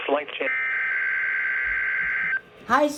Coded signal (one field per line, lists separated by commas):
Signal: Emergency Alert System (SAME) tones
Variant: header bursts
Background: speech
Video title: EAS Required Weekly Test WXL40 8/5/20 11:11 AM (11:11)